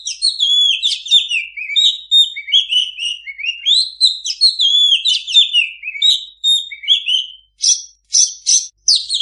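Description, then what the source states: Oriental magpie-robin singing a long flowing string of sweet slurred whistles, ending with a few short, harsh rasping notes. Singing kacer used as a master recording to train kacer that do not sing.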